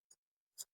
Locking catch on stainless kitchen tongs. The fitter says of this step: यह लॉक हो गया।